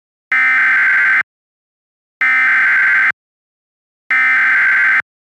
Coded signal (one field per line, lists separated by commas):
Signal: Emergency Alert System (SAME) tones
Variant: header bursts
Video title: EAS Mock: MO Tornado Warning.